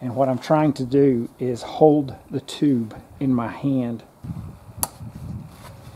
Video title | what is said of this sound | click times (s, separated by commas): Replace inline and fuel rail fuel filters on the Mercury ProXS 115. | Did you hear it pop? | 4.8 s